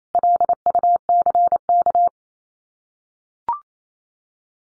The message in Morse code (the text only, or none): LUCK